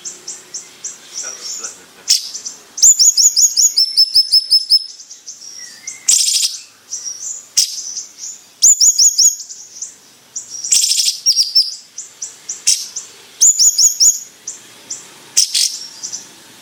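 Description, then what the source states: Bayeman song: high, sharp chirps and rapid buzzy trills in bursts every second or two, with brief quieter gaps between phrases. Bird described as 'gacor'.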